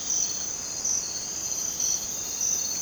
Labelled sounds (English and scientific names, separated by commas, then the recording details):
none
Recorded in dense forest near Puerto Asís, Putumayo, Colombia, on 27 June 2025 at 03:00
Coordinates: 0.484, -76.317
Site G045